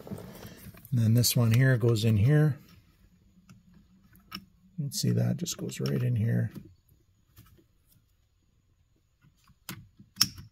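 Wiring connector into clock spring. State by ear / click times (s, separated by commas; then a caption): seated / 10.2 s. A wiring connector is pushed into its socket on the clock spring assembly of a 2007-2012 Hyundai Santa Fe during a clock spring replacement for code B1346. Someone talks, then after a few faint ticks a sharp click is heard at 10.2 s as the connector seats.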